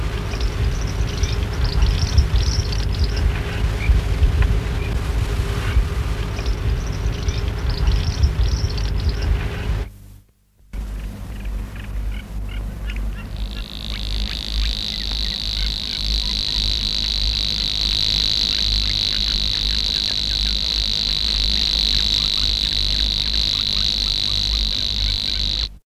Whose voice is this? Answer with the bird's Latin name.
Locustella luscinioides